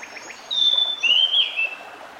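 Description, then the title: Pied Bushchat song, a clear whistled phrase with a long level note followed by lower rising and falling slurs, over faint noise. Recording meant to help a decu that has stopped singing; decu is a territorial fighter-type bird. "Mengatasi burung decu yang macet bunyi"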